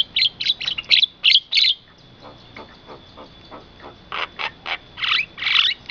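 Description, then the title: Asian pied starling song: loud harsh chattering notes, a quieter stretch of soft ticks, then strong raspy notes resuming at the end. "jalak_suren"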